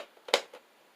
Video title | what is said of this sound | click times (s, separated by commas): Star Wars The Vintage Collection TIE Fighter | just angle it in like this push it down until it locks into place and then | 0.3 s